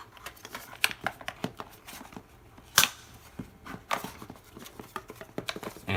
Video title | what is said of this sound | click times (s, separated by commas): Double Ultimate Installation Guide | you heard that snap and it's in now okay and same thing with the right side | 2.8 s